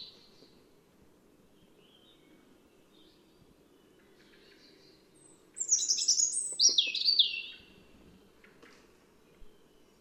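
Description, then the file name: European robin giving one rich, high warbling phrase of quick varied notes about two seconds long, with only faint soft notes around it. "Erithacus rubecula"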